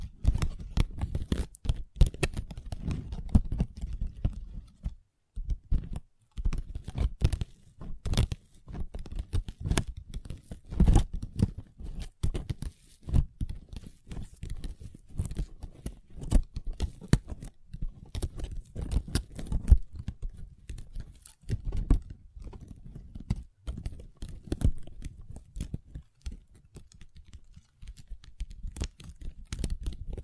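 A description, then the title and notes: Long nails tap and scratch across a tabletop in a dense, irregular stream of crisp clicks and short rasping strokes. The pace stays busy throughout, with brief pauses around five and twenty-one seconds. ASMR Table Tapping & Scratching with Long Nails (No Talking).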